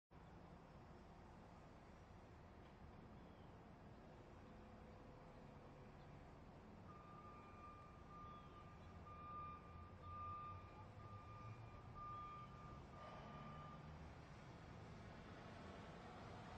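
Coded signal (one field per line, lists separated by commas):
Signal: alarm pattern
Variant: truck back-up alarm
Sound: steady repeating high beeps about once a second, partly buried under engine and road noise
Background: traffic and engine noise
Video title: 현장음, Spot Sound, Truck Beeping, 3분 53초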